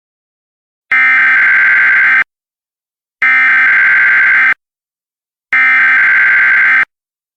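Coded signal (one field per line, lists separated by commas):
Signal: Emergency Alert System (SAME) tones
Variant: header bursts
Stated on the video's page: Homemade recreation of a Dish Network EAS test.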